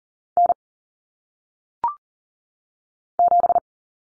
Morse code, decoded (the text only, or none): N 7